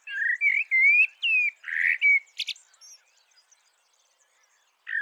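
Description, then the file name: Eurasian blackbird song phrase: several whistled notes, then a brief scratchy twitter, silence, and one more note at the end. "Turdus merula"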